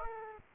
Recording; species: mosquito wingbeat signal from an infrared sensor; Aedes aegypti